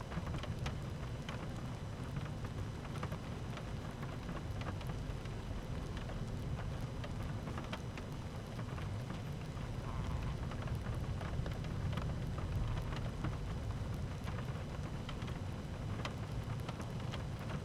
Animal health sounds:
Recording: honeybee colony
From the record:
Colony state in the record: active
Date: 12 June 2018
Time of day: 13:12

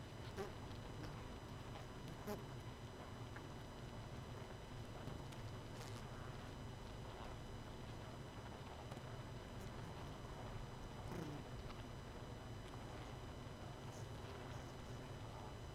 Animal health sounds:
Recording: honeybee colony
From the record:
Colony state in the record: missing queen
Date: 31 May 2018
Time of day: 23:35

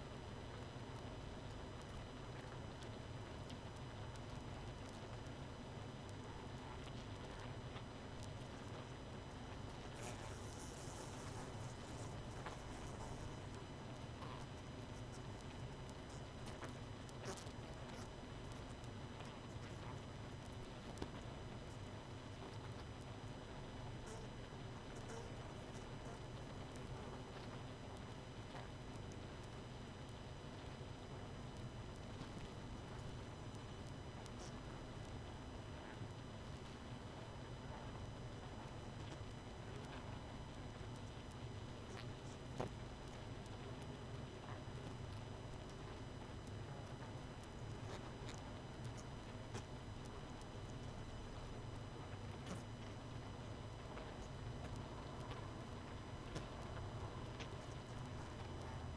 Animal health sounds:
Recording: honeybee colony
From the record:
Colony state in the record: missing queen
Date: 31 May 2018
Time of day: 22:38

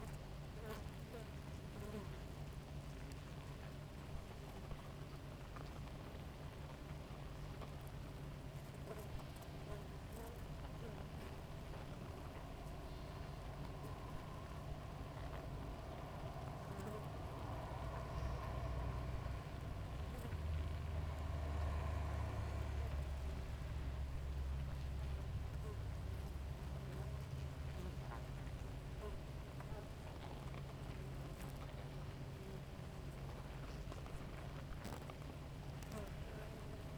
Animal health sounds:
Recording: honeybee colony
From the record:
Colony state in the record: active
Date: 28 July 2017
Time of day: 5:44

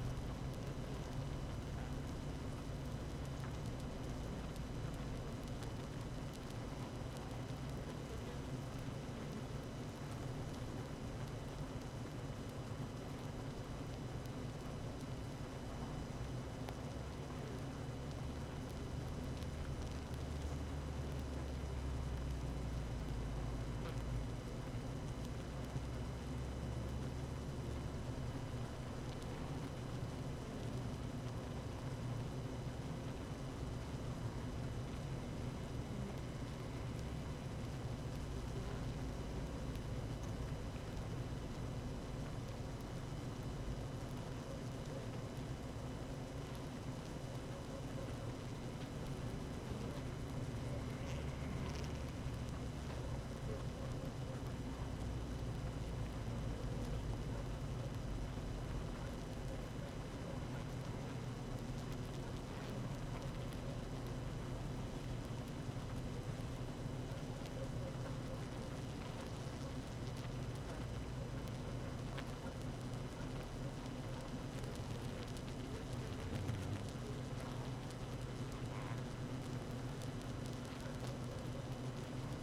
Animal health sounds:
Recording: honeybee colony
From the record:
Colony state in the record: active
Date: 12 June 2018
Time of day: 17:30

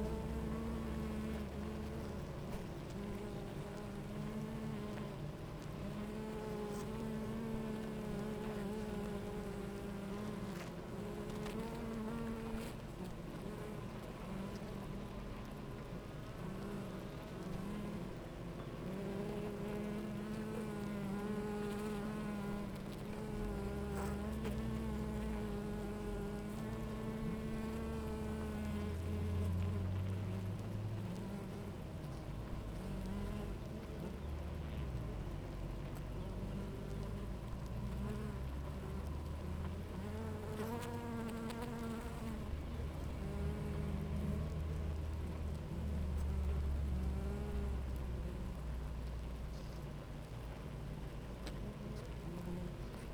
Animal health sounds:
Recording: honeybee colony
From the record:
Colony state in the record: active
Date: 28 July 2017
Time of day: 9:17

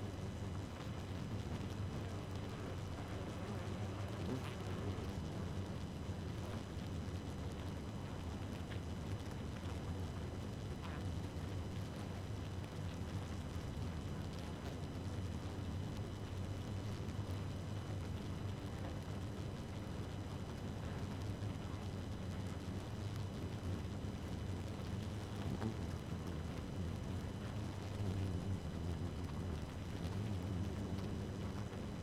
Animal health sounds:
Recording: honeybee colony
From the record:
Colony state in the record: active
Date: 12 June 2018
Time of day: 2:25

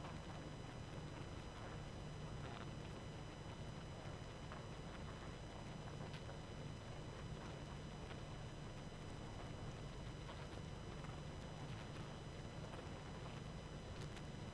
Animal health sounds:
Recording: honeybee colony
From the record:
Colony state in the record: active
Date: 12 June 2018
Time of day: 21:19

